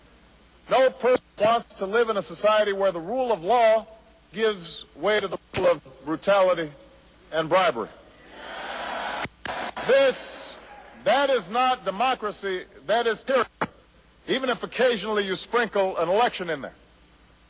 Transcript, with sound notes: No person wants to live in a society where the rule of law gives way to the rule of brutality and bribery. (Applause.) That is not democracy, that is tyranny, even if occasionally you sprinkle an election in there.